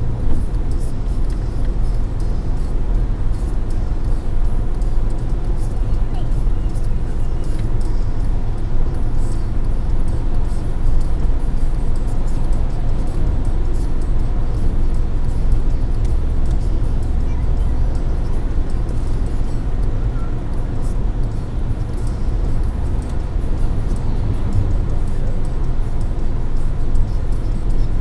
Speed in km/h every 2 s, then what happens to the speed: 136, 138, 140, 141, 142, 144, 145, 145, 146, 147, 148, 147, 146, 140.
0-20 speeds up to 148. 20-28 slows to 140.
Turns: none.